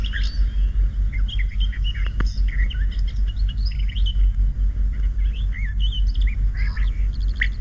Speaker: поет садовая славка.